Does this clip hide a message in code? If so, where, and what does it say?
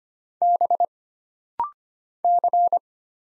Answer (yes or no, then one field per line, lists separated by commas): yes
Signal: Morse code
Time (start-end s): 0.4-2.8 s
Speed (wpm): 25 wpm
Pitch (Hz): 700 Hz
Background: none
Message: B C